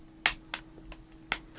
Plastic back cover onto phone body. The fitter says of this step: we just snap this back on